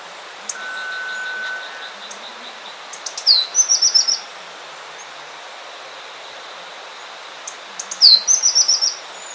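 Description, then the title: Tepui brush finch calls, twice: high ticks leading into a falling note and a rapid string of thin, bright notes; a faint steady whistle early on. Nominate subspecies, Atlapetes personatus personatus. "LuckyPassaro Completos2Sama. Tepui Brush Finch"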